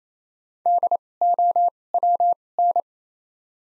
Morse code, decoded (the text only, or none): DOWN